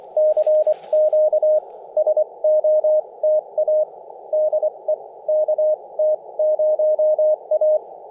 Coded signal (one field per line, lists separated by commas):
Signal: Morse code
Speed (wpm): 24 wpm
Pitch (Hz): 620 Hz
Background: none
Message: CQ SOTA DE KT0A